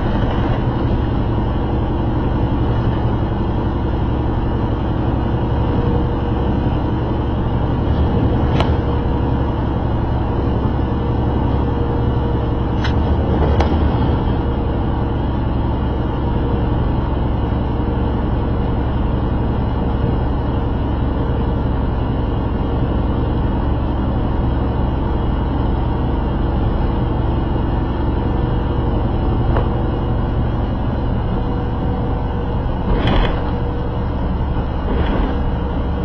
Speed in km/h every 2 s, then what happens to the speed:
90, 90, 90, 90, 90, 90, 90, 90, 89, 89, 89, 89, 90, 90, 92, 92, 92, 92.
0-36 steady at about 90.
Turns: none.